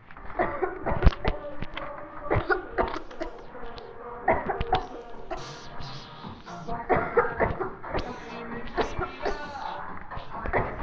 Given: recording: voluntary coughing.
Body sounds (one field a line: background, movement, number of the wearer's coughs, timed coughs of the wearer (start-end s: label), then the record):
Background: music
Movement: walking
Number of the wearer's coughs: 15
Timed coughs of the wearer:
0.36-0.76 s: cough
0.83-1.09 s: cough
1.22-1.44 s: cough
2.28-2.61 s: cough
2.75-3.07 s: cough
3.19-3.47 s: cough
4.25-4.64 s: cough
4.70-5.05 s: cough
5.30-5.65 s: cough
6.87-7.37 s: cough
7.37-7.73 s: cough
7.91-8.16 s: cough
8.75-9.07 s: cough
9.23-9.43 s: cough
10.51-10.74 s: cough
From the record:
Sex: female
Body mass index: 18.8 kg/m2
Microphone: on the chest, facing the body